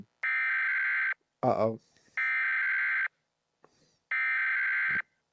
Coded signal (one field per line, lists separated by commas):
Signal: Emergency Alert System (SAME) tones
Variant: header bursts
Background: speech